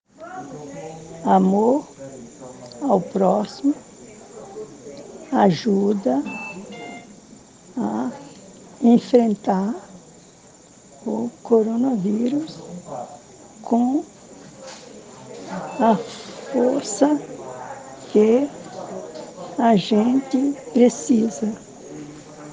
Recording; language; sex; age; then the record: spoken sentence; Brazilian Portuguese; female; 70 to 79 years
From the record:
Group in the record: respiratory insufficiency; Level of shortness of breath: 5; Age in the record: 71 years